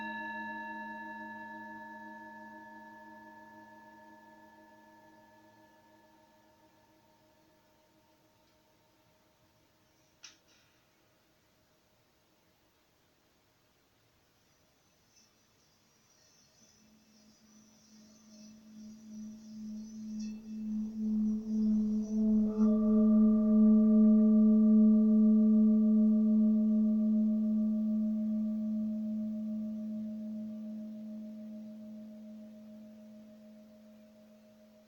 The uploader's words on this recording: Crown Chakra Tibetan Bells. Sounds of Tibetan bells.